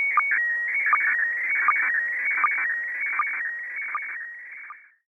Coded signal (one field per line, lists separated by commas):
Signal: SSTV (slow-scan television)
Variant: PD 180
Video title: Sausage and scouse net, RAF Prestatyn, Radio comms wild camp